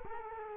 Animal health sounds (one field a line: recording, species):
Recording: mosquito wingbeat signal from an infrared sensor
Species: Culex quinquefasciatus